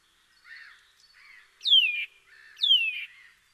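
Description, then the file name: Eurasian nuthatch giving two loud, clear whistled notes that slide steeply downward, about a second apart, after softer, lower notes at the start. "Sitta europaea"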